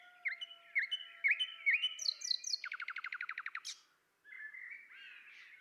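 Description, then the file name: Common nightingale repeating a slurred note several times, then a fast run of many even pulses, a brief gap and a soft warble. "Luscinia megarhynchos"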